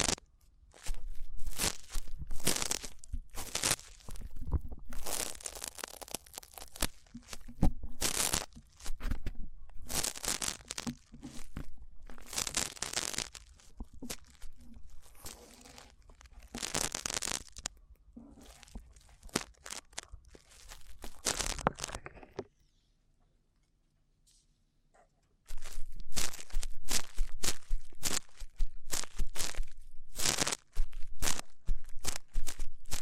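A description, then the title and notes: Rough ear cleaning, heard as dense, scratchy rustling and crackling that comes in rapid bursts, some sharp and bright, others softer and muffled. The scraping runs almost continuously, pauses into near silence around 22 to 25 seconds, then resumes just as busy. ASMR Rough Ear Cleaning (No Talking).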